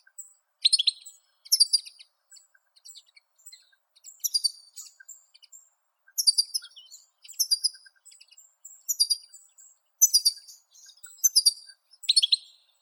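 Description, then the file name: European goldfinch giving high, thin twittering phrases in short bursts roughly every second or two, separated by brief silences. "Golosa ptic - CSHegol Carduelis carduelis"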